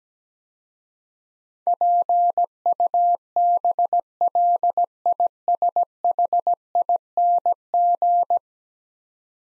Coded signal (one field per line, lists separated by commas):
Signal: Morse code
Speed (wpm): 17 wpm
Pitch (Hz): 700 Hz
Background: none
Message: PUBLISHING